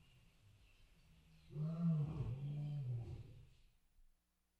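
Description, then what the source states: Tiger, a single low, drawn-out groaning roar that trails off into silence. Caged tiger in a zoo, roaring in apparent pain.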